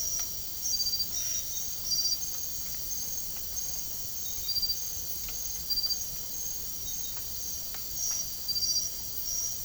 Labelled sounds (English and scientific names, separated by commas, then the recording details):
none
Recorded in secondary vegetation near Puerto Asís, Putumayo, Colombia, on 24 March 2025 at 01:30
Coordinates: 0.489, -76.322
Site G042